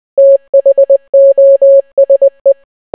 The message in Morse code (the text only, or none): THOSE